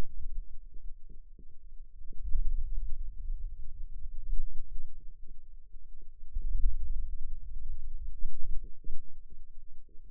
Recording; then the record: forearm muscle sounds (acoustic myography)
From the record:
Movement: hand opening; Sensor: system 2, bracelet of six BSWA MPA416 microphones around the upper forearm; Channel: 1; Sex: female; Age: 21 years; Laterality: right